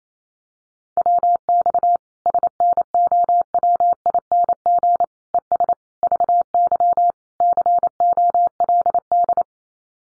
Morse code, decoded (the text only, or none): WX SNOWING ES VY COLD